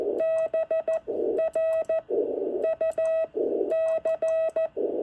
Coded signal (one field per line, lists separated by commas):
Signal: Morse code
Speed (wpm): 13 wpm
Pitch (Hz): 650 Hz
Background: none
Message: BRUC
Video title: Another Unexpected eBay buy, 2 NorCal Sierras and a nice QSO!